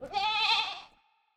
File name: And Now, sheep